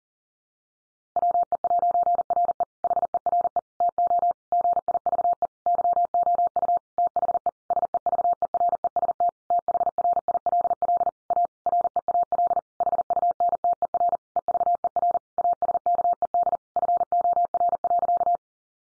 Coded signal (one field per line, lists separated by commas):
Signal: Morse code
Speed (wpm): 40 wpm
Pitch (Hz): 700 Hz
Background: none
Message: WE'RE HERE TO GIVE YOU THE SEVEREST THRILL A REAL HUNTER EVER ASKED FOR.